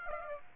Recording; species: mosquito wingbeat signal from an infrared sensor; Aedes aegypti